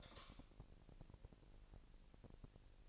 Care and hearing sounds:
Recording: daily activity, microphone in the room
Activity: light off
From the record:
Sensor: 5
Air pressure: 1002.0 hPa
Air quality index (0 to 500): 226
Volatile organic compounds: 29 ppm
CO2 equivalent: 2946 ppm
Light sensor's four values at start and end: 15/37/15/16 and 15/35/14/16

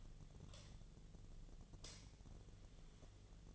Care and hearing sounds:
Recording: daily activity, microphone in the room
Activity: light on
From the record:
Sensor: 4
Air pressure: 1010.7 hPa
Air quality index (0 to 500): 174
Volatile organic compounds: 5 ppm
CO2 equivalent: 1768 ppm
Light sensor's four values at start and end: 36/104/41/42 and 36/105/42/42

